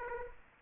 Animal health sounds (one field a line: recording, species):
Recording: mosquito wingbeat signal from an infrared sensor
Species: Aedes aegypti